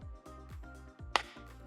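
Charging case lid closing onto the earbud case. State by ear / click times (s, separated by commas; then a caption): seated / 1.2 s. The hinged plastic lid of a Cleer Ally Plus earbuds charging case is closed over background music, giving a sharp, bright click at 1.2 s. The lid clicks shut with a satisfying snap.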